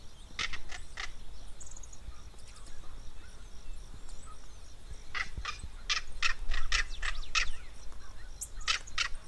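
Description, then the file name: Southern crested caracara giving harsh, rasping notes in bursts, a short run near the start, a longer clattering series midway and a few more near the end, over a steady high insect drone. Recorded in the Pantanal. "Carcara"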